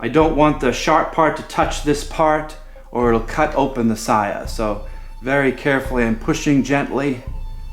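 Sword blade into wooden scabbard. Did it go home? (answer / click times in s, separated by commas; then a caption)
no / none. A katana blade is slid carefully, edge kept clear, back into its wooden scabbard (saya) and pushed gently toward the handle while someone talks, with soft music in the background. Nothing has seated or clicked yet; the habaki has not gone home in the scabbard.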